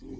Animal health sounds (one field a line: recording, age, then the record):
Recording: pig call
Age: weaner (32 to 43 days)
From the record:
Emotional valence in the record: positive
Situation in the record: positive conditioning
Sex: female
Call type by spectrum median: low-frequency call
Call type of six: low-frequency stable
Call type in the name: low-frequency stable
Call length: 0.20 s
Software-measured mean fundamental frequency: 42 Hz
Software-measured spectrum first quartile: 144 Hz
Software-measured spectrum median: 269 Hz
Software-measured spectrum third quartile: 390 Hz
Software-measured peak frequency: 270 Hz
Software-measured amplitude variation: 124 dB a second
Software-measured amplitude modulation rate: 25.0 a second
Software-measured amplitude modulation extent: 4.9 dB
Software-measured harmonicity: 0.8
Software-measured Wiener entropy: 0.23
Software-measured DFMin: 656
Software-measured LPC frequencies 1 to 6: 324, 2125, 3203, 4131, 4843, 5827 Hz